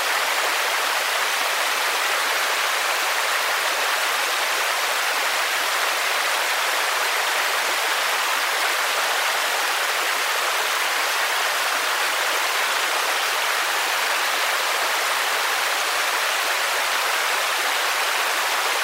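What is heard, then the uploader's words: Rain falls steadily onto the surface of a lake, a dense, even hiss of countless small drops with no pauses or swells. The sound sits bright and airy, with little low rumble, and stays unchanged from start to finish. Rain on the Lake. Raindrops gently fall onto the surface of the water. The rhythmic pitter-patter of the rain.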